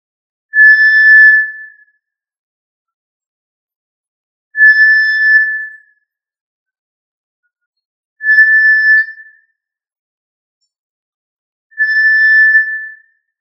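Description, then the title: Tinamou calling with four level, pure whistles, each over a second long, spaced about three to four seconds apart in silence. "Familia Tinamidae - Quail - Puyuh"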